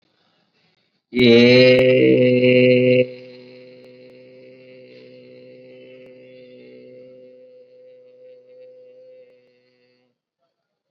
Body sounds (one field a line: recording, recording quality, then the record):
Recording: sustained vowel as in made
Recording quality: excellent, no background noise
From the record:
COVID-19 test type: RT-PCR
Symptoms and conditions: cough, fever, fatigue, muscle pain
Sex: male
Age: 21 years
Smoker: yes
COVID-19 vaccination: both doses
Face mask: worn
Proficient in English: yes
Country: India